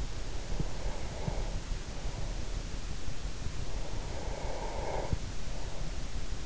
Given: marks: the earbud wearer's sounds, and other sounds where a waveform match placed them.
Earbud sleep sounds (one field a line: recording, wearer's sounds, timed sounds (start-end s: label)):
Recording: sounds in sleep by an in-ear microphone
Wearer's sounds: breath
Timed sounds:
0.24-2.56 s: breath
3.51-6.18 s: breath